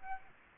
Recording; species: mosquito wingbeat signal from an infrared sensor; Aedes aegypti